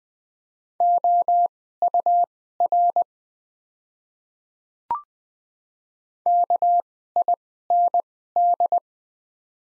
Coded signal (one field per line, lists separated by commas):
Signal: Morse code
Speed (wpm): 20 wpm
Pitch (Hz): 700 Hz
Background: none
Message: OUR KIND